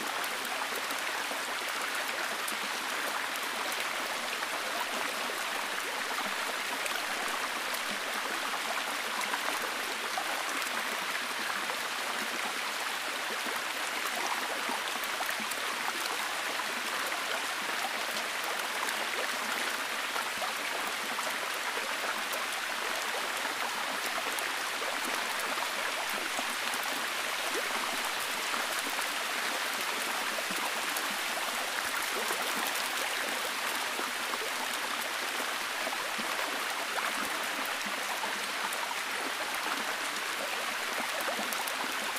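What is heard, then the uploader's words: Steady forest rain falls in a dense, even hiss that holds the same level for the whole stretch, with no breaks or build-ups. The sound sits mostly in the bright upper range, with a faint low hum underneath and fine patter throughout. Forest Rain Sounds.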